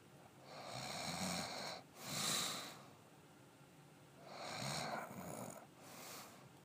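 Two full breath cycles at roughly 15 breaths a minute in a sleeping adult, each with a rough, buzzing snore on the in-breath and a softer, airy out-breath. This is ordinary snoring from vibration of the upper airway during sleep.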